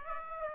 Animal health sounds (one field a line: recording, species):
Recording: mosquito wingbeat signal from an infrared sensor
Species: Aedes aegypti